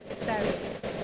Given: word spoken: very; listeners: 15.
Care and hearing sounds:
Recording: one English word in noise, from a listening test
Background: noise modulated by three-talker babble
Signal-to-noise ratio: -3.8 dB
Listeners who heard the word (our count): 5 of 15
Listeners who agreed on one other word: 6 of 15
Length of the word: 0.64 s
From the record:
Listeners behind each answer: 6, 5, 1, 1, 1, 1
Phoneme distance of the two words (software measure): 10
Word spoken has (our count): 2 syllables, 4 phonemes, stress on syllable 1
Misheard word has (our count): 2 syllables, 4 phonemes, stress on syllable 1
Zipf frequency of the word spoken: 6.41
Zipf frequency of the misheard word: 4.07

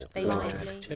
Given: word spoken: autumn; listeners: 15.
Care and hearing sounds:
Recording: one English word in noise, from a listening test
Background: four-talker babble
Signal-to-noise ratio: -1.1 dB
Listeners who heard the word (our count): 0 of 15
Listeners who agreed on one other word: 7 of 15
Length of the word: 0.55 s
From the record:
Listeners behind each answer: 7, 1, 1, 1, 1, 1, 1, 1, 1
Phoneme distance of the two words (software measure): 14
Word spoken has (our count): 2 syllables, 4 phonemes, stress on syllable 1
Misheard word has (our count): 2 syllables, 4 phonemes, stress on syllable 1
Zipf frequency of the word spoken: 4.41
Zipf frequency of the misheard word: 5.53

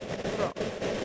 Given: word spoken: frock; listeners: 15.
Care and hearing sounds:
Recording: one English word in noise, from a listening test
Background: noise modulated by three-talker babble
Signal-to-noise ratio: -5.0 dB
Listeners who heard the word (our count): 2 of 15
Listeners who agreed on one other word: 7 of 15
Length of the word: 0.65 s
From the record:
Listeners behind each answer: 7, 2, 2, 1, 1, 1, 1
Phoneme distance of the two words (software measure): 20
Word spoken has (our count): 1 syllable, 4 phonemes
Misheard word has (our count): 1 syllable, 4 phonemes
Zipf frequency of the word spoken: 3.31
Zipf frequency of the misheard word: 4.10

